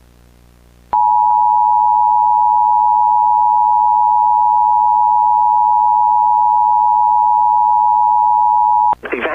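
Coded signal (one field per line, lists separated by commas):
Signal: Emergency Alert System (SAME) tones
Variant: 853 and 960 Hz attention tone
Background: speech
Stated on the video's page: Recreated Fire Evacuation EAS alert with valid tones.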